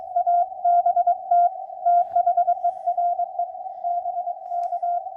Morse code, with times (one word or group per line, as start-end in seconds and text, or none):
0.2-1.5 ABT
1.9-3.4 THERE
3.8-5.0 BK